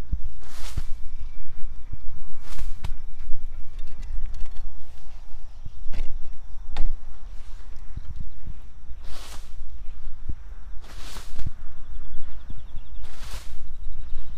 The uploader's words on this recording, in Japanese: 秋の、日が暮れ始めた16時過ぎ、ニンニクの定植。台風が南遠くから近づいてきている。曇り空の空気の少し重たい夕暮れ。穴あきマルチに棒で穴を開け、1片ずつニンニクを入れたあと、土をかけていく。秋の夕方 ニンニクの定植。